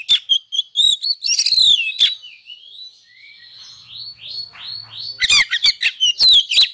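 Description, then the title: Oriental magpie-robin song: varied whistles and harsh notes, then a softer stretch of downslurred whistled phrases before loud rapid chattering resumes. Masteran (training) recording of a kacer, played to provoke other kacer into singing vigorously (gacor). "Masteran Kacer Yang Sukses Memancing Kacer Gacor Sampai Jadi Juara"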